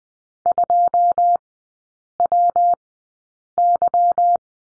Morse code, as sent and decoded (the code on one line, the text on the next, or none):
..--- .-- -.--
2WY